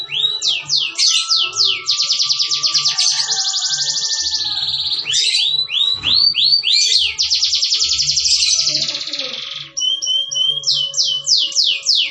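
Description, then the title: Canary singing long rolling trills broken by steep falling sweeps and brief pauses, the phrases running on almost without a break for twelve seconds. Cengkok song style, the kind sought by contest judges. "Cengkok kenari mewah yang di cari juri"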